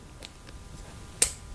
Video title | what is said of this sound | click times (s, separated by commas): Hard Head Veterans Ballistic Helmet ATE First Look | a magnet it snaps in place so | 1.2 s